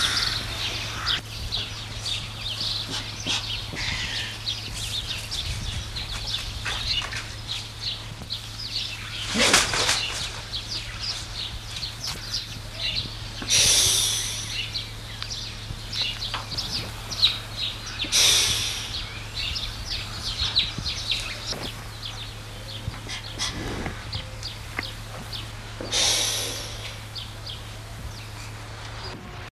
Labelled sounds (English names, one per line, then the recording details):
Andean Condor call
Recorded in captivity
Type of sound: call
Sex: pair
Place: Tierpark Berlin, Berlin, DE
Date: 1974-02-16
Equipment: Halbspur, 9,5 cm/s
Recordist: Lütgens, Hans
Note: Weibchen zischt, Kurzlaute durch Männchen